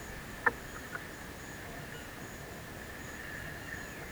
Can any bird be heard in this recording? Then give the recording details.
no. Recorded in secondary vegetation near Puerto Asís, Putumayo, Colombia, on 13 March 2025 at 13:00. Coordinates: 0.498, -76.327. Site G001